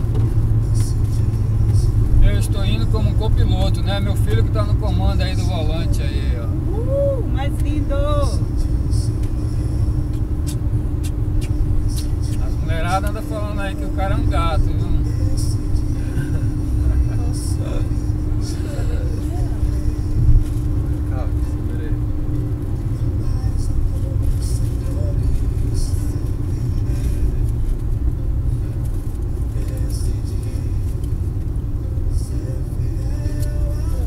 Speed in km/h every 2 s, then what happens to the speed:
92, 90, 88, 87, 87, 86, 84, 86, 86, 86, 86, 81, 79, 73, 71, 69, 66.
0-20 steady at about 86. 20-34 slows to 66.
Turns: none.